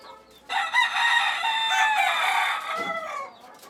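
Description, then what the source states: Chicken giving a long, loud harmonic call lasting nearly three seconds, holding steady then fading, over a quiet background. Chickens in a coop.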